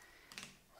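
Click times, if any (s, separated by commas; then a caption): 0.3 s, 0.4 s. A plastic dust cover on the back of a Hercules portable band saw is pulled off by hand. Two quick snaps sound at about 0.3 and 0.4 seconds as it pops off easily, and the cover comes free.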